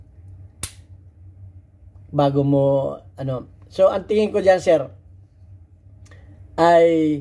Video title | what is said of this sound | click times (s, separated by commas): ANO ANG TRIGGER RESET? MGA POSIBLING DAHILAN NG FALSE RESET! | kahit mabagal ang release mo diyan basta't yan ay sumagad. Ayun maririnig mo yung click | 0.6 s